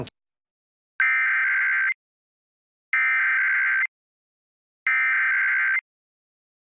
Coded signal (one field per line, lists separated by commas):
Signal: Emergency Alert System (SAME) tones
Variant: header bursts